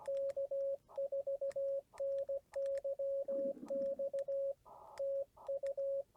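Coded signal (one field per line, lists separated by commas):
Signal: Morse code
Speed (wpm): 17 wpm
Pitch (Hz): 560 Hz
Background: radio noise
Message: K4NYX TU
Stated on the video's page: CW copy practice.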